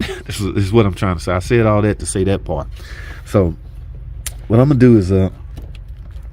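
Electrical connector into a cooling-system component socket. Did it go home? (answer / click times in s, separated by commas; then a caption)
yes / 5.8 s. Someone talks while a plastic electrical connector is pushed onto its socket on a cooling-system component in the engine bay of a car that is still overheating. A sharp click is heard at 5.8 s, and the connector is seated and stays put when tugged.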